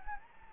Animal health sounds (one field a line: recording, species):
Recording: mosquito wingbeat signal from an infrared sensor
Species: Anopheles gambiae